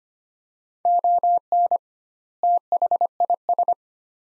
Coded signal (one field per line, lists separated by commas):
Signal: Morse code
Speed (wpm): 25 wpm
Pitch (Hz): 700 Hz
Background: none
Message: ON THIS